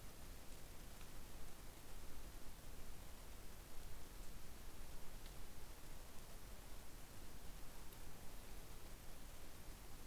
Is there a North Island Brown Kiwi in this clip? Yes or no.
no